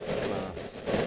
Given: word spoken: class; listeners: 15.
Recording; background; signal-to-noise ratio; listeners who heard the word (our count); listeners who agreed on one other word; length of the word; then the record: one English word in noise, from a listening test; noise modulated by three-talker babble; -3.9 dB; 3 of 15; 11 of 15; 0.67 s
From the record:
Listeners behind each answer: 11, 3, 1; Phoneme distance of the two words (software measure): 10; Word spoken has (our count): 1 syllable, 4 phonemes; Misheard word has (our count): 1 syllable, 4 phonemes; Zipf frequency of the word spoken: 5.01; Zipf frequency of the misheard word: 4.92